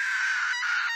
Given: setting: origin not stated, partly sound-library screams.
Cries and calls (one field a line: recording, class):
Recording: one-second piece from a danger detection set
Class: woman in danger